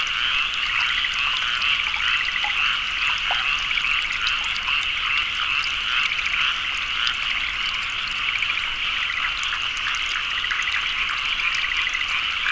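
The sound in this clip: Many frogs croak together in a continuous rapid pulsing chorus.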